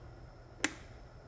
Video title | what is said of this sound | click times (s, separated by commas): Wind Turbine Final | Push this one into port number 12. When you hear the click, it means the device is locked. | 0.6 s